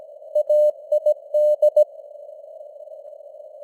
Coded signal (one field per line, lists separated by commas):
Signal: Morse code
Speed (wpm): 17 wpm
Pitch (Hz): 600 Hz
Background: none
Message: AID